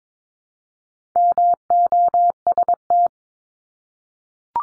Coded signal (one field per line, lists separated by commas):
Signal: Morse code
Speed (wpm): 22 wpm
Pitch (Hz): 700 Hz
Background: none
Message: MOST